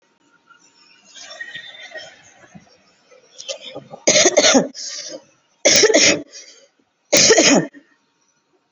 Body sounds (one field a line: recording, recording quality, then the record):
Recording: heavy voluntary cough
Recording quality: moderate, slight background noise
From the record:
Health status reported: COVID-19 positive, mild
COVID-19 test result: positive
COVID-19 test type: rapid antigen test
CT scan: not taken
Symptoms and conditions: cough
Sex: female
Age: 31 years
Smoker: no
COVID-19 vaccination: none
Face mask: not worn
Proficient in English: yes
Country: India